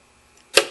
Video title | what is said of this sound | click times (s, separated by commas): How To Replace Intake Manifold Or Intake Gaskets On A 2000 Mercury Grand Marque 4.6 Liter ` | and you hear it snap | 0.6 s